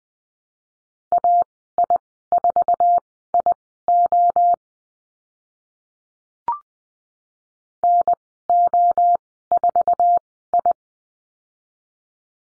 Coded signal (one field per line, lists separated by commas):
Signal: Morse code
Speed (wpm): 20 wpm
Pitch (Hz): 700 Hz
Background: none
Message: AI4IO NO4I